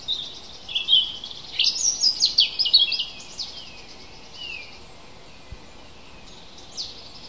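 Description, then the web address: Bird singing a rapid, high, twittering phrase of sweeping notes lasting about two seconds, followed by a few faint scattered chirps. Native hedgerow birds recorded in April. "oeko hecke vogel april vogel heimisch"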